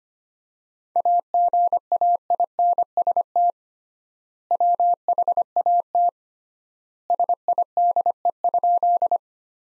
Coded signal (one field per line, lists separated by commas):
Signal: Morse code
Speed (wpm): 25 wpm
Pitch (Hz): 700 Hz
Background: none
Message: AGAINST WHAT SIDE?